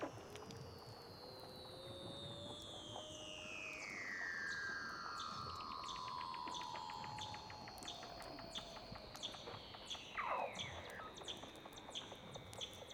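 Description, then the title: Weddell seal underwater calls: a long whistle gliding steadily downward, overlapped by rapid repeated ticking pulses and a low rising tone. "Douglas Quin - Weddell Seals (Underwater)"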